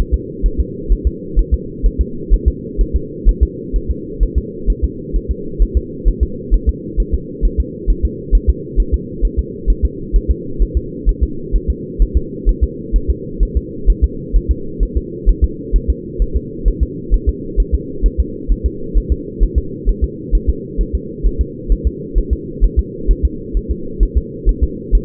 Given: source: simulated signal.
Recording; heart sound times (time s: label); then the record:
fetal heart sounds
0.14 s: S2
0.46 s: S1
0.60 s: S2
0.92 s: S1
1.07 s: S2
1.39 s: S1
1.54 s: S2
1.86 s: S1
2.01 s: S2
2.34 s: S1
2.48 s: S2
2.81 s: S1
2.96 s: S2
3.29 s: S1
3.43 s: S2
3.76 s: S1
3.91 s: S2
4.23 s: S1
4.38 s: S2
4.70 s: S1
4.84 s: S2
5.16 s: S1
5.31 s: S2
5.62 s: S1
5.77 s: S2
6.08 s: S1
6.23 s: S2
6.54 s: S1
6.69 s: S2
7.00 s: S1
7.14 s: S2
7.45 s: S1
7.60 s: S2
7.90 s: S1
8.05 s: S2
8.35 s: S1
8.49 s: S2
8.80 s: S1
8.94 s: S2
9.25 s: S1
9.39 s: S2
9.70 s: S1
9.85 s: S2
10.16 s: S1
10.31 s: S2
10.62 s: S1
10.77 s: S2
11.09 s: S1
11.23 s: S2
11.55 s: S1
11.70 s: S2
12.02 s: S1
12.17 s: S2
12.49 s: S1
12.63 s: S2
12.96 s: S1
13.10 s: S2
13.43 s: S1
13.57 s: S2
13.90 s: S1
14.04 s: S2
14.36 s: S1
14.51 s: S2
14.83 s: S1
14.97 s: S2
15.29 s: S1
15.44 s: S2
15.76 s: S1
15.90 s: S2
16.22 s: S1
16.37 s: S2
16.68 s: S1
16.83 s: S2
17.14 s: S1
17.29 s: S2
17.60 s: S1
17.74 s: S2
18.06 s: S1
18.20 s: S2
18.52 s: S1
18.66 s: S2
18.97 s: S1
19.12 s: S2
19.43 s: S1
19.58 s: S2
19.89 s: S1
20.04 s: S2
20.35 s: S1
20.49 s: S2
20.81 s: S1
20.95 s: S2
21.26 s: S1
21.41 s: S2
21.72 s: S1
21.87 s: S2
22.18 s: S1
22.33 s: S2
22.64 s: S1
22.79 s: S2
23.11 s: S1
23.25 s: S2
23.57 s: S1
23.71 s: S2
24.03 s: S1
24.17 s: S2
24.49 s: S1
24.63 s: S2
24.95 s: S1
From the record:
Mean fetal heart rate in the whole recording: 130 bpm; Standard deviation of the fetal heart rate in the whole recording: 2 bpm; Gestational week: 36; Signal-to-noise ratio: -4.3 dB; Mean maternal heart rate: 72 bpm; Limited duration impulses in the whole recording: absent